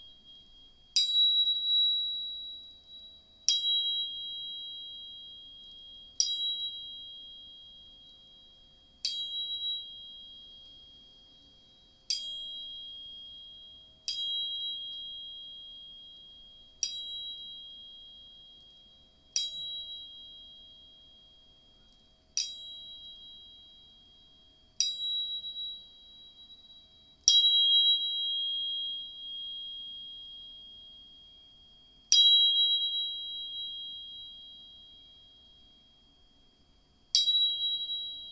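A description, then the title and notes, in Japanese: Two tuning forks are struck over and over, about every two to three seconds, each strike giving a sharp click and then a high, pure ringing tone that fades slowly. Two close tones sit together, with a faint low hum underneath. 音叉チューニング2本。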